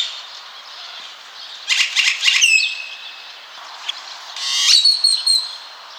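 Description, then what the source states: Great-tailed Grackle: harsh rattling bursts, then a high whistle, later a sharp rising squeal and whistle over steady background hiss. Illustrates what large flocks roosting together at night may sound like, checking in with each other as the sun goes down.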